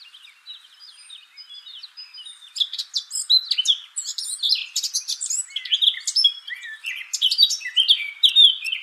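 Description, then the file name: Eurasian blackcap song that opens with a few quiet, thin notes, then builds into a loud, hurried warble of chattering and whistled phrases. "Sylvia atricapilla"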